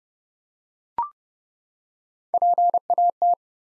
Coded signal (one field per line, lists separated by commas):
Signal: Morse code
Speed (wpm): 32 wpm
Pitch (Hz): 700 Hz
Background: none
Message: PAT